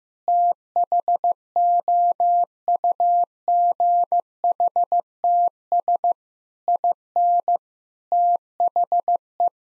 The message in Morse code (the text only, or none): THOUGHTS IN THE